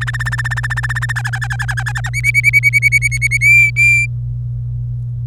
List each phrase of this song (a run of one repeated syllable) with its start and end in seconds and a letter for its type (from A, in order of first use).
0.01-1.12 A, 1.16-2.09 B, 2.13-3.37 C, 3.41-4.06 D